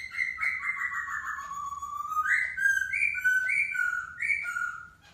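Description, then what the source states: Masked laughingthrush giving a descending run of fluty notes followed by a series of bright, slurred whistles. Song said to captivate other birds.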